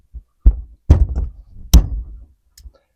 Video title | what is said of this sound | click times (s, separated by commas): Inside the Ruger GP100 - Mechanical Disassembly Explained | That snaps right into place then. | 1.7 s